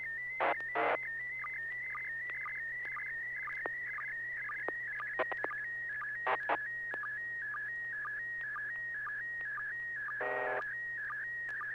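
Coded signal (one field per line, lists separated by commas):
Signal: SSTV (slow-scan television)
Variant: PD 120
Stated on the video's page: SSTV net on a 441.30 MHz FM repeater, images sent with MMSSTV.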